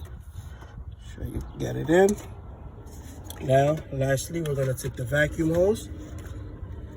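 Under the hood of a 2011 Ford Escape, a vacuum hose with a plastic quick-connect fitting is being handled before it is pushed onto a new evap purge valve, replaced for code P0456. Someone talks while low background noise runs underneath. Nothing has seated or clicked yet.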